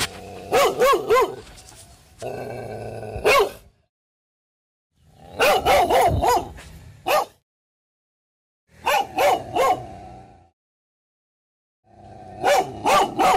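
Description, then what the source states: Dog barking in repeated short volleys of several sharp barks, with short quiet gaps between volleys. Terrifying dog barking.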